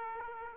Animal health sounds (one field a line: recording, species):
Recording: mosquito wingbeat signal from an infrared sensor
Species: Aedes aegypti